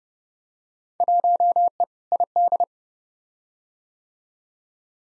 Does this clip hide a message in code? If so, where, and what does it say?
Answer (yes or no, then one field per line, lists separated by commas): yes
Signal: Morse code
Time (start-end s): 1.0-2.6 s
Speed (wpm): 30 wpm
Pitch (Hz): 700 Hz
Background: none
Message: 1E ID